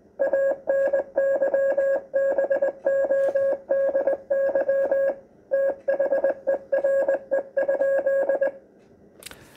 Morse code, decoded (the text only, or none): ANYBODY THERE?